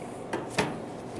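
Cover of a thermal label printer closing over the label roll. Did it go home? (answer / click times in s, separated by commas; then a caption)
yes / 0.3 s, 0.6 s. The cover of a Kassen E460 thermal label printer, loaded with a 32x18 mm black mark label roll held by the guide clip, is pressed shut with both hands. Two short snaps are heard at 0.3 s and 0.6 s, the second louder. The lid closes and latches.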